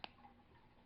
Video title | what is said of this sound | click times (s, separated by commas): What's in my tackle box | it clicks into place and there's no way anything is getting off | 0.0 s